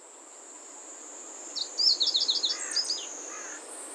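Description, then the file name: Meadow bunting song: one quick phrase of high, buzzy, twittering notes lasting about a second and a half, over a steady high insect drone. Song recorded in August. "ホオジロ 8 月さえずり"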